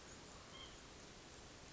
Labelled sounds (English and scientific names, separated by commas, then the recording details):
White-breasted Nuthatch (Sitta carolinensis)
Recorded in Sonoma County, California